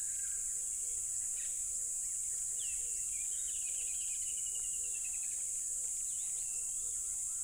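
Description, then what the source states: Unbroken high cricket buzz alongside a long rattling bird trill and a low two-part note repeated about every half second. Loud crickets at a tropical river.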